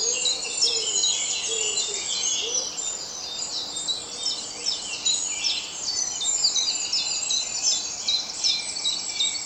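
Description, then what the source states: Birds singing together at dawn, a dense wash of bright high twitters and trills, with a few low coos near the start. Dawn chorus at dawn.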